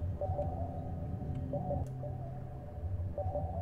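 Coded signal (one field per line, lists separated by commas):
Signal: none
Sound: game sound effect beeps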